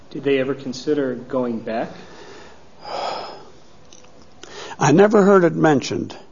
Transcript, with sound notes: Did they ever consider going back?
( he sighs ) I never heard it mentioned.